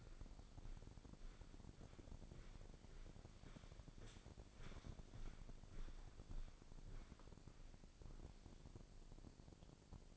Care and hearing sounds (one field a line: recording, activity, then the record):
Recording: daily activity, microphone in the room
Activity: walk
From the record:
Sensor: 5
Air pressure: 1009.4 hPa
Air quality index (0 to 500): 145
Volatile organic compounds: 2 ppm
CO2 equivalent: 1125 ppm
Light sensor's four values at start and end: 326/773/333/372 and 325/770/332/371